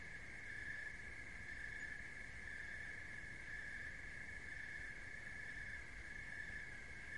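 Continuous cricket trill, an even buzz with no pauses, heard above a steady wash of low background noise.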